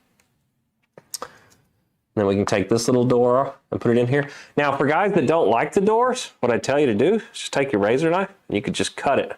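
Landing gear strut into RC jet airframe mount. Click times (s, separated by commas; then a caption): 1.1 s. A landing gear strut is pushed into the gear mount of a Freewing L-15 JL-10 Falcon 64mm EDF foam RC jet, giving a few faint ticks and then a sharp click at 1.1 s as it seats. Afterward someone talks.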